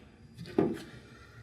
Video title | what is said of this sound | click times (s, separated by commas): Red Scarlet Overview | then just angle it down and then you just push to snap it in | 0.6 s